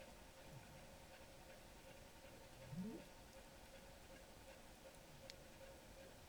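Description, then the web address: Rorqual call: a single brief low upsweep, heard over a steady hum and constant background noise. Norway, 5 January 2023, 01:22. "college France rorqual Norvege"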